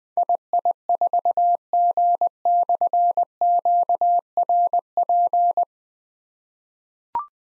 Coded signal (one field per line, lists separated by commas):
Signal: Morse code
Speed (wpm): 20 wpm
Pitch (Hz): 700 Hz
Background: none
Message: II4G/QRP